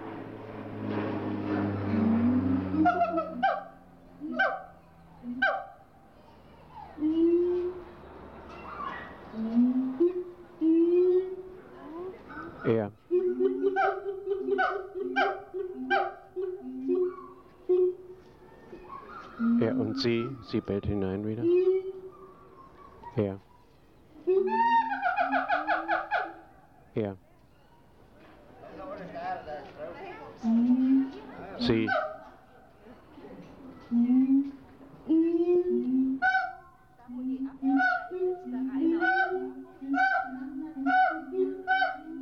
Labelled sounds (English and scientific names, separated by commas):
Siamang (Symphalangus syndactylus)